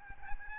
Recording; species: mosquito wingbeat signal from an infrared sensor; Aedes albopictus